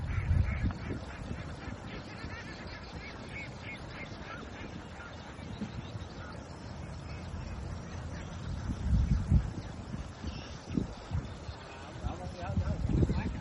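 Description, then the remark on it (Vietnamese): A flock of laying ducks, eating, quacks and honks in a dense, continuous chorus, with a few louder bursts toward the end and indistinct voices mixed into the din. “Vịt của nhà máy đẻ là chị nè. Đang ăn ngay chân cái đầu đất của ông Sáu luôn.”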